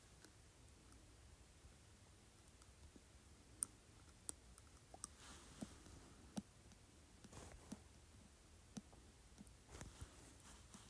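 A glass cup clinks against teeth in sharp, scattered taps, a few bright ringing ones, over a steady low hiss with faint rustling.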